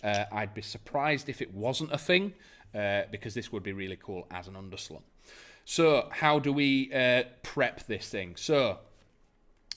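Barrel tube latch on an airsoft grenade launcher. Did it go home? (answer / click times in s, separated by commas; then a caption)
released / 9.7 s. Someone talks for most of the clip, then presses the release button by the trigger guard of an Ares M320 airsoft grenade launcher. At 9.7 s the barrel tube latch gives a single sharp click as it unlocks and swings out to the side, and the barrel is released.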